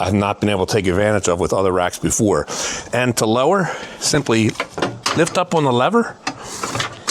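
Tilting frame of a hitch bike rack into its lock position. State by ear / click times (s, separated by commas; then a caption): not seated / none. Someone talks while the lever on the tilting frame of a hitch bike rack is lifted to move the frame toward its lock position, with two brief sharp sounds near 6.6 and 6.8 seconds. Nothing has seated or locked into place yet.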